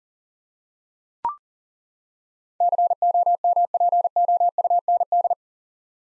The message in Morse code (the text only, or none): COMPOUND